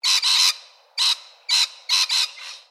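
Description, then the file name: Lorikeets squawking: harsh, buzzy screeches in several short bursts, separated by brief gaps. "BIRD LORRIKEETS"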